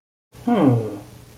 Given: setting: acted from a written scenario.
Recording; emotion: vocal sound without words; interest